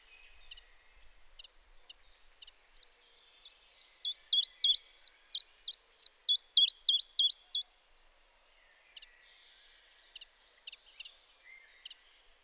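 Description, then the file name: Common chiffchaff singing a burst of about sixteen high, clipped descending notes at an even pace, framed by faint scattered chips before and after. "Zilpzalp Gesang"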